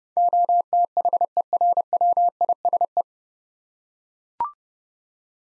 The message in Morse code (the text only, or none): OTHERWISE